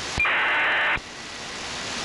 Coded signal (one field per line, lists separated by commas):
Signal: ACARS aircraft data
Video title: How to decode ACARS using SDRuno & MultiPSK (MV016)